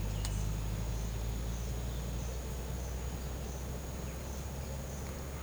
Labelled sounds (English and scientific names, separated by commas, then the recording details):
none
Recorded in secondary vegetation near Puerto Asís, Putumayo, Colombia, on 20 December 2024 at 07:30
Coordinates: 0.489, -76.322
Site G059